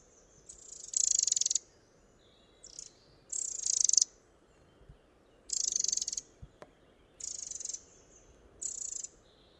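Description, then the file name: Eurasian wren giving several short, harsh, high bursts separated by brief quiet gaps. "Troglodytes troglodytes"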